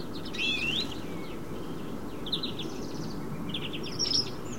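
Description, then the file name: European greenfinch twittering: a quick rising trill, then short buzzy chirp groups and a sharp note near the end, against constant low rumbling noise. "Chloris chloris"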